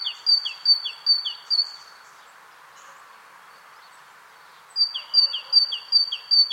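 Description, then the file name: Great tit repeating a high-then-low two-note phrase about four times, falling silent for several seconds, then starting another run of five pairs. "Parus major"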